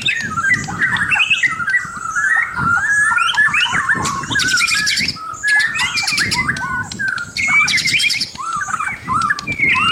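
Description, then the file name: White-rumped shama song of loud, varied whistles and twisting notes, interspersed with harsh, buzzy, high-pitched chatter bursts. "suara murai batu mahkota"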